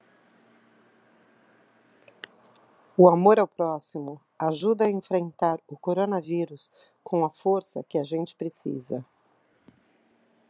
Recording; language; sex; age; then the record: spoken sentence; Brazilian Portuguese; female; 50 to 59 years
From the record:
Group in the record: control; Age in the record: 54 years